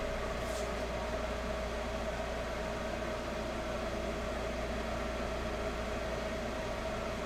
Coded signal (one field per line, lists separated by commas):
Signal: FT8